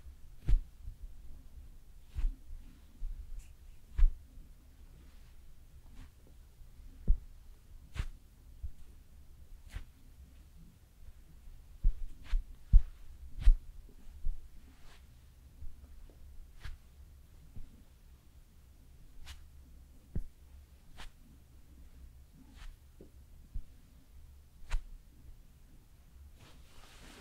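Slow makeup application with quiet, sparse sounds: sharp little taps and clicks land every second or two, some brighter and crisper than others. Under them runs a steady low hum, and a few softer rustles fill the gaps.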